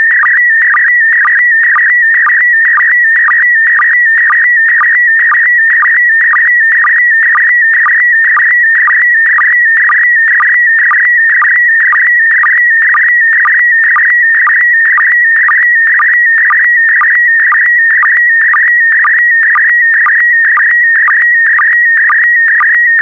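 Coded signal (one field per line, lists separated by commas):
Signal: SSTV (slow-scan television)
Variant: PD120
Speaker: complete. You can now check your decoded image against the picture that is shown on the video.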